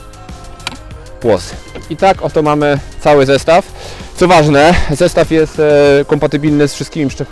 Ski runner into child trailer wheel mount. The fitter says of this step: zrobimy to samo Wyjmujemy koło plik wsadzamy na klik włosy